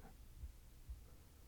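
An adult's normal heartbeat: two low, dull thumps about half a second apart.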